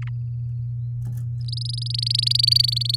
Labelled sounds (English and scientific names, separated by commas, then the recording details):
Domestic Canary (Serinus canaria) song
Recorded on 7 May 2018 at 10:30
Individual llb16